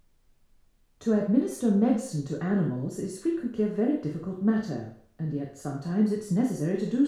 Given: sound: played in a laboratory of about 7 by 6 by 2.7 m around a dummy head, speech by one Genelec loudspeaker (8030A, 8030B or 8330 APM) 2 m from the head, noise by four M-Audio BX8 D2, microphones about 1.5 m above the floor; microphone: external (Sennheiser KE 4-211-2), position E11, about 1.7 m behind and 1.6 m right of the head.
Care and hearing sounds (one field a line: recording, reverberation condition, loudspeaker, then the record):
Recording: female speech in English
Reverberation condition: medium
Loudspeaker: 120 degrees to the right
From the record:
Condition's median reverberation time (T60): about 510 ms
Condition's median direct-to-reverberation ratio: about -0.5 dB